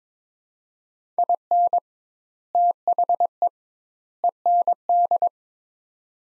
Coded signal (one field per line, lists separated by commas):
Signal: Morse code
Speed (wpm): 22 wpm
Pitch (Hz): 700 Hz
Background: none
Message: IN THE END